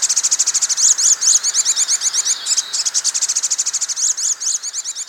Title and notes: Master Burung Kicau. Masteran Burung Kicau Lengkap